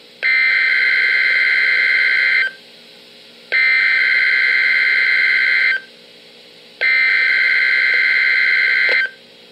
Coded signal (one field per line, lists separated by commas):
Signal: Emergency Alert System (SAME) tones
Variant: header bursts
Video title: RWT on NOAA weather radio